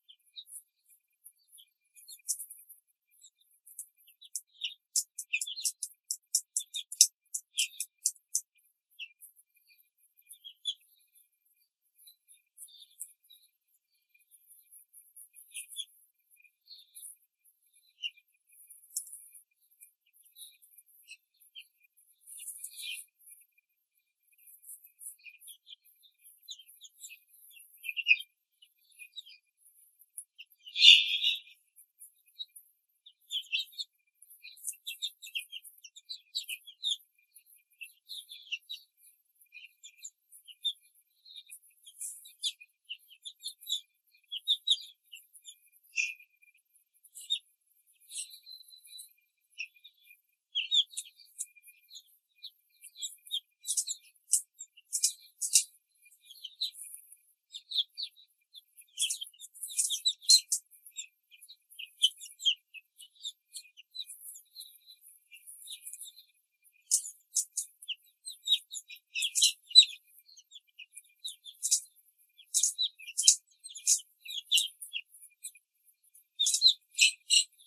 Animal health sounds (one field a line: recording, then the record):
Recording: young laying hens in a cage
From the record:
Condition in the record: control cage, before the stress test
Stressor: none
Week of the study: 4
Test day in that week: 3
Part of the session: 2